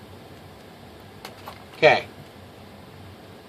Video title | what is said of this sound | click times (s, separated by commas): Horizon Hobby - P-47D BL UMX REV2 - 2S to 3S Lipo Mod | So it clicked. | 1.2 s, 1.5 s